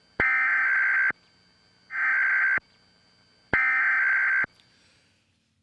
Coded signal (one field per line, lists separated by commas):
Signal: Emergency Alert System (SAME) tones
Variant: header bursts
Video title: Obama Launches Total Takeover of Media Emergency Alert System